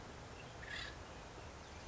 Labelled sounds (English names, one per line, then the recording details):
Acorn Woodpecker
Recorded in Sonoma County, California